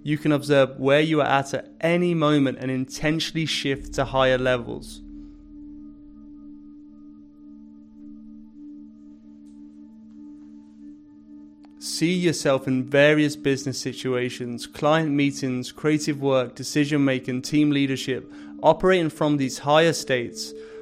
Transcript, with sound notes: You can observe where you are at any moment and intentionally shift to higher levels. [Pause 10 seconds] See yourself in various business situations – client meetings, creative work, decision-making, team leadership – operating from these highest states.